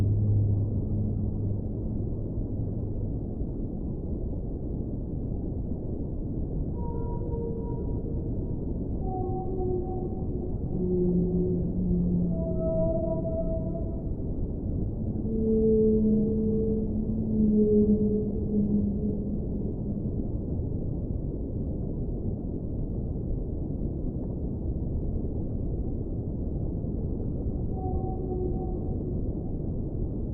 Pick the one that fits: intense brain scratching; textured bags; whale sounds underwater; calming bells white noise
whale sounds underwater